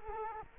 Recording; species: mosquito wingbeat signal from an infrared sensor; Culex quinquefasciatus